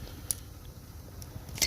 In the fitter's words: slide the lock back, and you'll hear it snap when it slides back.